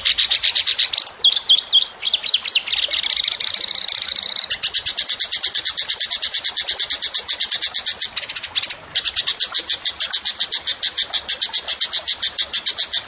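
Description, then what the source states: Bird song: a high trill with slurred whistles, then long runs of fast, sharp, buzzy chips with one brief break. Songbird singing actively (gacor) in 'tembakan' style, for training songbirds (masteran).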